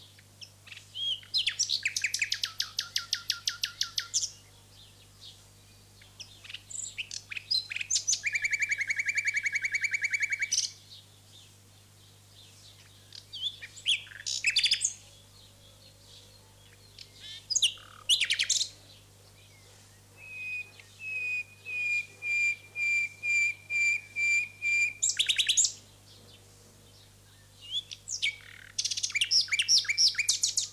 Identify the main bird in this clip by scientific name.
Luscinia megarhynchos